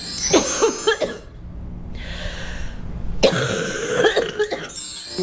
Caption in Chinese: 肺热之痰， 首先它是黏的。粘稠的，另外一个呢，它往往是黄色的，咳的时候不太好咳出来， 咳的粘相对要就是费力一些。 有一种气道粘稠感，对，它气道里有那种黏黏的痰，所以它咳出来可能有点痰鸣的声音。 咳嗽声是带有痰音的，很好区分。 像肺热之痰，口干口苦， 流的是黄鼻涕，流黄鼻涕，嗓子疼的。有的说 热疼，烧疼的。 病期也是一个多月。